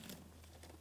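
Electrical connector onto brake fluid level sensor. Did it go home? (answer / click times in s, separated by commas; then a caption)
no / none. An electrical connector is lined up and pressed onto the brake fluid level sensor on the master cylinder reservoir of a 2003-2008 Toyota Matrix during a brake master cylinder replacement. Soft crinkling handling noises play over a steady low hum. The connector has not clicked or seated yet.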